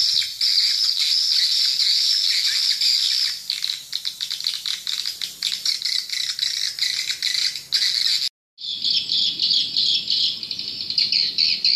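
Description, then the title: Swiftlets giving rapid rattling clicks mixed with high chirping for most of the stretch, then a brief silence and a smoother band of massed twittering. "Suara Burung Wallet"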